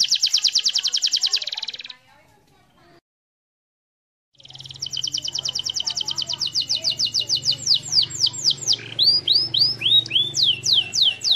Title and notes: Suara Burung Kenari Masteran. master suara burung kenari mantap